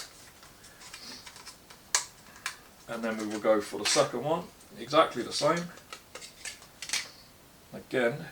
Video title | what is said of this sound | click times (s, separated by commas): Upgrading The Cheap Temu Laptop - Can We Get Even Better Performance??? | and then you just push down and it will click in place. That is your RAM installed. | 1.9 s